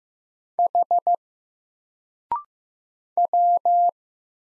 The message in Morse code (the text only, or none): H W